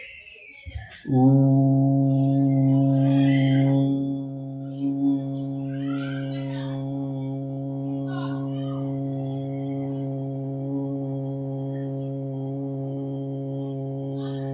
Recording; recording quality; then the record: sustained vowel as in boot; moderate, slight background noise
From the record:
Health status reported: healthy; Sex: male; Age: 39 years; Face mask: not worn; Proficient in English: yes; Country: India